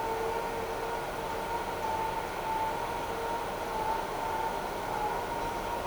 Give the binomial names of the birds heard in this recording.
none